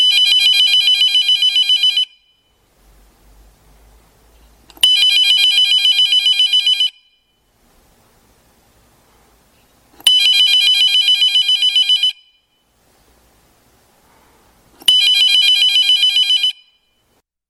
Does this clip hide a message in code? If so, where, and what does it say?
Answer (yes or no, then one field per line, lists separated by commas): no